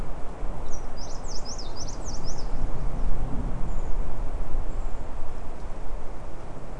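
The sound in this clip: Bird calls, a quick run of high, thin zigzag notes for about a second and a half, then a few faint high whistles, over a steady low rushing noise.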